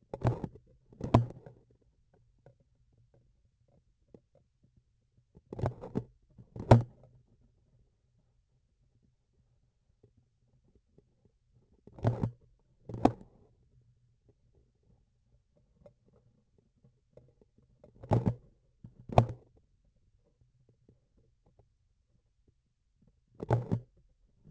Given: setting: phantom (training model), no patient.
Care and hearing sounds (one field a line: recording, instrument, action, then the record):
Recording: laparoscopic instrument, vibration sensor on the handle end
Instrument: grasping forceps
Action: opening and closing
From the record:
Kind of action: tool actuation without material contact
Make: other than Olympus